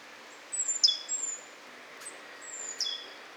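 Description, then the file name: Great tit giving two high, thin calls about two seconds apart, each a thin whistle dropping sharply in pitch, over soft background hiss. "Parus major"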